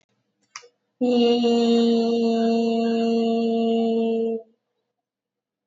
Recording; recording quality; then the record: sustained vowel as in beet; excellent, no background noise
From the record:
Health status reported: COVID-19 positive, mild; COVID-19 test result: positive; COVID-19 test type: RT-PCR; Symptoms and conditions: fever, fatigue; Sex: female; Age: 22 years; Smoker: no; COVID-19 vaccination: both doses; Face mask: not worn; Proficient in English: yes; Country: India